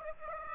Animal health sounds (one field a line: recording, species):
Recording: mosquito wingbeat signal from an infrared sensor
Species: Aedes aegypti